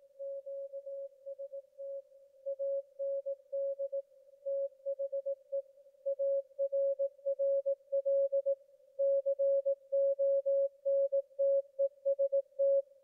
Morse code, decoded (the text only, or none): QST AND THE ARRL CONTEST